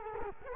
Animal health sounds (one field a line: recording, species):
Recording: mosquito wingbeat signal from an infrared sensor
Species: Culex quinquefasciatus